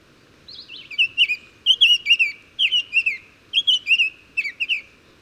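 Bird song opening with a falling note, then clustered chirpy whistles in bursts roughly every second over low hiss.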